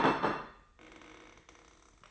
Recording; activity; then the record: daily activity, microphone in the room; place plate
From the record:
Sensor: 3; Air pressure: 995.2 hPa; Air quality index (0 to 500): 74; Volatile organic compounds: 5 ppm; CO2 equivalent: 1730 ppm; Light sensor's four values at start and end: 15/45/19/15 and 15/45/19/15